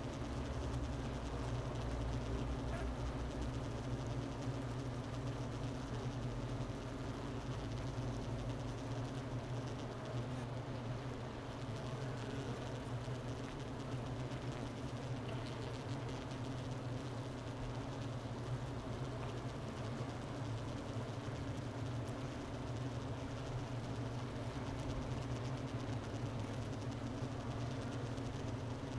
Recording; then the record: honeybee colony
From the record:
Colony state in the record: missing queen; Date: 31 May 2018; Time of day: 11:51